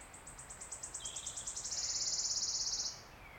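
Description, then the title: Wood warbler song: a run of sharp high ticks speeding up into a bright shivering trill lasting over a second, then stopping abruptly; faint background birds. Single male singing from the oak canopy in an ancient oak wood on a steep-sided wooded valley in South Wales, in May, just after rain stopped. "Sound Escape 16: listen to the cascade of wood warbler song in an ancient oak wood"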